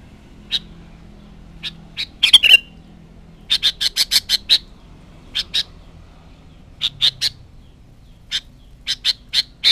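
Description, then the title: Sooty-headed bulbul giving short, sharp chirped notes, singly and in quick bursts of four to five, scattered throughout with a low background hum. "Kutilang"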